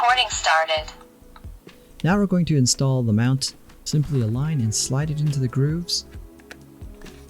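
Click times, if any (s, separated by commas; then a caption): 6.5 s. A windshield mount for an Arpha D24 4K dual channel dash cam is lined up with the grooves on the camera body and slid in while someone talks. A sharp click at 6.5 seconds marks the mount seating in the grooves.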